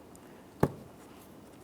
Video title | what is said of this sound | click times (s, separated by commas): How to Replace Rear Window Motor & Regulator Assemblies 2009-2014 Nissan Maxima | After an audible click, a light tug, it should not fall out of place. | 0.6 s